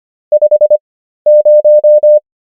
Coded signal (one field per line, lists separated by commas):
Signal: Morse code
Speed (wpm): 25 wpm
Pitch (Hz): 600 Hz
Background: none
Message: 50